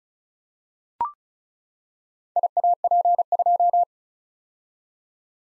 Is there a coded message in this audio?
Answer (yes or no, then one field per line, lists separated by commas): yes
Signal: Morse code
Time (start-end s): 2.4-3.8 s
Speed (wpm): 36 wpm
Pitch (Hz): 700 Hz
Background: none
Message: IAP2